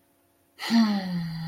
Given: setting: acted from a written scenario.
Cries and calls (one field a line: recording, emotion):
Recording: vocal sound without words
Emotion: neutral